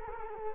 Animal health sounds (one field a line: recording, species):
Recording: mosquito wingbeat signal from an infrared sensor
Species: Culex quinquefasciatus